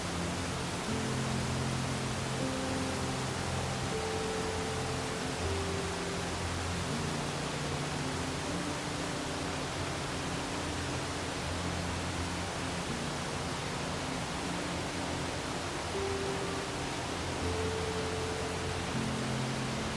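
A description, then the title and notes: A waterfall rushes in a steady, dense hiss that fills the whole 20 seconds without letup. Beneath it, soft music drifts along in low sustained tones, with gentle higher notes appearing now and then, most clearly near the start and again around seventeen seconds. A melodious waterfall coupled with soft music. The harmonious murmur of the water and the subtle interplay of notes.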